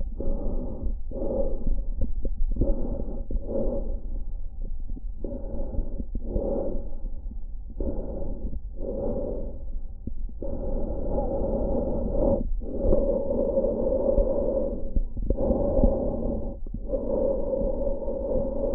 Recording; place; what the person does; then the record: lung sounds by stethoscope; trachea; quiet breathing, then deep breathing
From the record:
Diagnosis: interstitial lung disease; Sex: female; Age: 53 years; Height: 168 cm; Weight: 108 kg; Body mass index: 38.3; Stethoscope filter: diaphragm mode